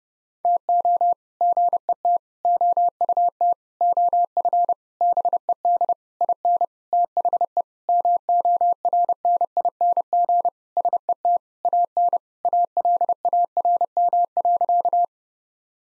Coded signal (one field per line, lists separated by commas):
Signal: Morse code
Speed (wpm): 30 wpm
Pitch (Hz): 700 Hz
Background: none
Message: TO GET OUT OF BED IN THE MORNING SET AN ALARM.